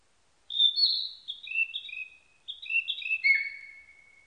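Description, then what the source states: Narcissus flycatcher singing clear whistled phrases that alternate between two pitches, a brief gap, then more two-pitched notes ending in a long whistle. Recorded 21 May 1999.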